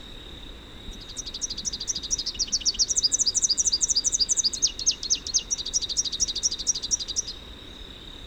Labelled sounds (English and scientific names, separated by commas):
Rufous-capped Warbler (Basileuterus rufifrons) song